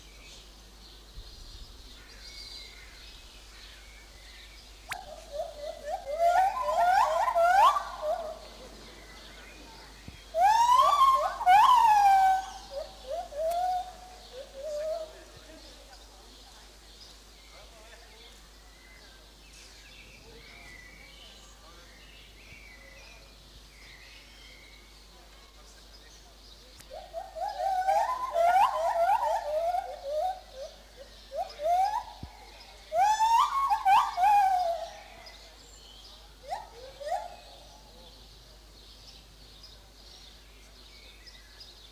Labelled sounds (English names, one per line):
Lar Gibbon